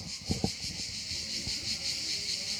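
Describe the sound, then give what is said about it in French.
Cicadas in the south of France buzz in a steady, high-pitched drone that pulses slightly in waves, with a few soft low thumps and rustles underneath and no talking. “C'est pas les grillons. Hein. Cigale. Cigale. On est dans le midi.”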